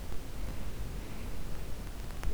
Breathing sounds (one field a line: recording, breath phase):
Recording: one breath near a microphone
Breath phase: inhalation